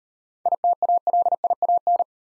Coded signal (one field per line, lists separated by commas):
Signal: Morse code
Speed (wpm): 38 wpm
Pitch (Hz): 700 Hz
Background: none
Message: ITALIAN